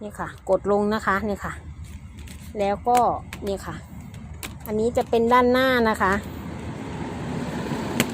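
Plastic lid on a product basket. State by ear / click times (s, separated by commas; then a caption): seated / 8.0 s. Someone talks while fitting the front side of a plastic lid onto a product basket, with soft handling noises in between. A sharp click at 8.0 s marks the front latch locking, and the lid is seated.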